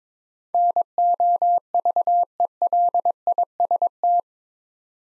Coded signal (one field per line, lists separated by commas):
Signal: Morse code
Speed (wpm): 22 wpm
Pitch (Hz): 700 Hz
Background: none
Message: NOVELIST